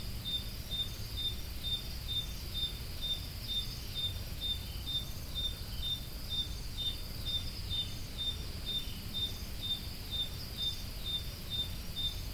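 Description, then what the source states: Cricket chirping in a steady rhythm, brief high notes about twice per second, with muffled low noise underneath throughout. Crickets recorded at Roodekopjes.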